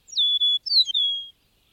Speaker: The eastern meadowlark's clear whistled music is the unmistakable anthem of eastern North America's farmlands and open country.